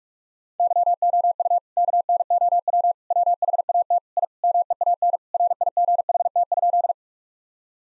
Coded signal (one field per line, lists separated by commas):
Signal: Morse code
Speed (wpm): 46 wpm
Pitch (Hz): 700 Hz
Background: none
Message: YOU KNOW WHAT I MEAN RIGHT?